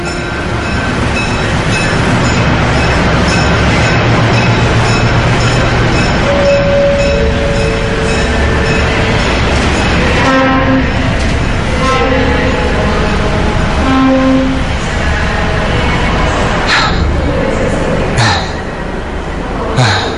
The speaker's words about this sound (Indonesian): Untung aja sempat naik kereta yang ini.